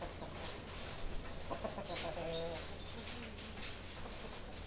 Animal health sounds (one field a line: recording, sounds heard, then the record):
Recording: poultry house recording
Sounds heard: healthy chickens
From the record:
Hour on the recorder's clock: 20